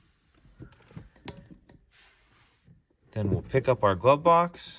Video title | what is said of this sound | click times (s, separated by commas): 2020 - 2023 Mazda CX-9 Cabin Air filter - How To Change Remove Replace - A/C AC Filter Location | then that right side will snap on | 1.3 s